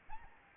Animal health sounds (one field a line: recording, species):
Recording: mosquito wingbeat signal from an infrared sensor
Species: Aedes albopictus